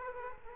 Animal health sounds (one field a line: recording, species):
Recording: mosquito wingbeat signal from an infrared sensor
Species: Culex quinquefasciatus